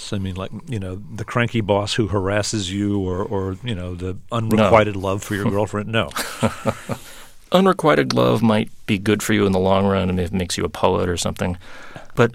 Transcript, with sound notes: I mean, like, you know, the cranky boss who harasses you or, you know, the...
No.
...Unrequited love for your girlfriend? No (laughter).
Unrequited love might be good for you in the long run if it makes you a poet or something,